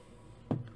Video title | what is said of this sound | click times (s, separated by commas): Icom IC-705 Firmware Update and Overview Ver. 1.20 | just you're gonna push it down until it clicks and it stays in there | 0.5 s